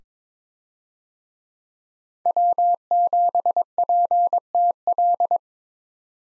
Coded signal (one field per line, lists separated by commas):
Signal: Morse code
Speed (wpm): 22 wpm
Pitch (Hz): 700 Hz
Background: none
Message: W7PTL